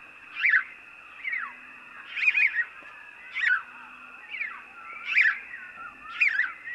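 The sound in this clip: House sparrow chirping, short harsh chirps and a few downslurred notes, over a steady high-pitched background tone.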